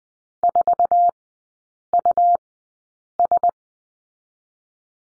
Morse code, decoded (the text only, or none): 4US